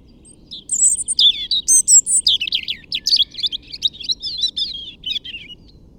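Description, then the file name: European robin singing a long, varied phrase of high, sweet whistles, twitters and fast trills, tumbling on for about five seconds without a break. "Erithacus rubecula"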